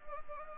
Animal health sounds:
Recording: mosquito wingbeat signal from an infrared sensor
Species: Anopheles arabiensis

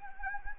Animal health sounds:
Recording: mosquito wingbeat signal from an infrared sensor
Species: Anopheles gambiae

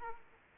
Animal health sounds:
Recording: mosquito wingbeat signal from an infrared sensor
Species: Aedes aegypti

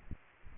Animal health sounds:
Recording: mosquito wingbeat signal from an infrared sensor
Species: Aedes aegypti

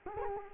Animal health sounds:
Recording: mosquito wingbeat signal from an infrared sensor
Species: Culex quinquefasciatus

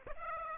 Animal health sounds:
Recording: mosquito wingbeat signal from an infrared sensor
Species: Aedes aegypti

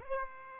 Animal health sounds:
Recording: mosquito wingbeat signal from an infrared sensor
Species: Aedes albopictus

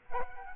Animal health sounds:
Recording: mosquito wingbeat signal from an infrared sensor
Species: Aedes aegypti

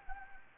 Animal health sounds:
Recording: mosquito wingbeat signal from an infrared sensor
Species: Anopheles gambiae

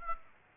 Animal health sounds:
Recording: mosquito wingbeat signal from an infrared sensor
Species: Aedes aegypti

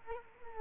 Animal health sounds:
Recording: mosquito wingbeat signal from an infrared sensor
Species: Culex quinquefasciatus

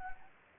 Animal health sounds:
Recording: mosquito wingbeat signal from an infrared sensor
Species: Anopheles gambiae

